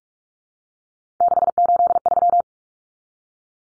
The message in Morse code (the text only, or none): 683